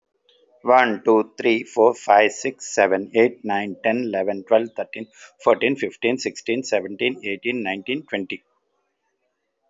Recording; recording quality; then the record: counting at a fast pace; excellent, no background noise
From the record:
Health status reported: healthy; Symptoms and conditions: hypertension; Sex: male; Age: 50 years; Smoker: not ticked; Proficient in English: yes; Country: India